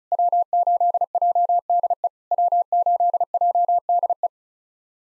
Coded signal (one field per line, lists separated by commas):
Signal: Morse code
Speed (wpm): 36 wpm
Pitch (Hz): 700 Hz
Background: none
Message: W8JDE W8JDE